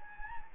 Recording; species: mosquito wingbeat signal from an infrared sensor; Anopheles gambiae